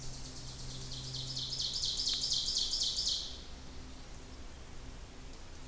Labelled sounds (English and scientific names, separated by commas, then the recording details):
Ovenbird (Seiurus aurocapilla) song
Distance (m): 40 m
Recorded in boreal forest in Alberta, Canada, on 26 May 2016 at 08:27
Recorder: SongMeter 3, array SBT-3-15
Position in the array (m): 35 m, 247 m
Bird 20